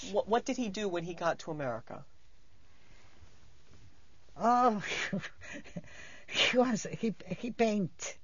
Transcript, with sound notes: What did he do when he got to America? ( she laughs )
He was, he paint.